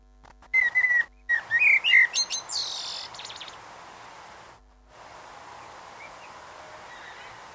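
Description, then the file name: Eurasian blackbird gives a mellow whistled phrase with a scratchy high ending; the rest is quiet with brief dropouts in the sound. "Turdus merula"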